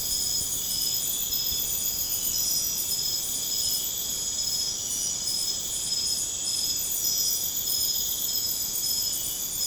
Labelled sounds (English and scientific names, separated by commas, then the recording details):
none
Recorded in pastures near Puerto Asís, Putumayo, Colombia, on 29 June 2025 at 02:30
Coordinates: 0.496, -76.326
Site GP01